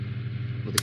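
On a Dynamic cordless rechargeable high-speed rotary tool, the nose cap/collet nut is turned while the shaft-lock button is pressed, until the button drops in and locks. A steady low hum runs throughout, broken by a short, sharp, bright click at 0.8 s. The shaft lock has clicked shut and seated.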